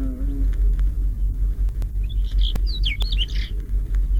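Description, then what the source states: Whinchat song, a short burst of scratchy, warbled high notes in the second half, over a steady low rumble. Sings tirelessly from a thistle.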